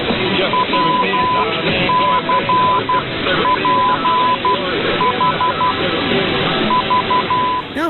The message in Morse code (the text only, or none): WCPH V